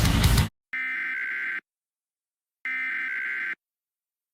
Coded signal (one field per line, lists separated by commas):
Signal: Emergency Alert System (SAME) tones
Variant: header bursts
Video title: EAS Scenario - Possessed II